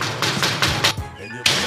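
Knocking on a door by someone delivering a package: four evenly spaced raps, a short pause, then one more knock, with a brief bit of voice in the gap.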